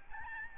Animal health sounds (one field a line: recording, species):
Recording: mosquito wingbeat signal from an infrared sensor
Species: Aedes albopictus